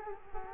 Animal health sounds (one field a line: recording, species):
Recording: mosquito wingbeat signal from an infrared sensor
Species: Culex quinquefasciatus